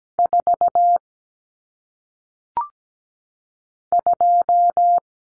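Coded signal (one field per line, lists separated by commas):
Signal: Morse code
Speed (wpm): 17 wpm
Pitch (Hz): 700 Hz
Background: none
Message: 4 2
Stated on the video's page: Single-digit number head-copy drill at 17 wpm, each sent in Morse, spoken, then sent again.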